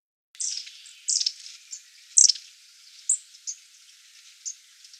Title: Sylvain Jaskowiak - Mes piafs. Mésanges à longue queue